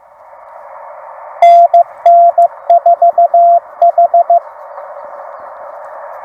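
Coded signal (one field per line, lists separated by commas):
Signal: Morse code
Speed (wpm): 15 wpm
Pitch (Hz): 690 Hz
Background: none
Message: NN4H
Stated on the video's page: CW Parks on the Air activation, used as copy practice.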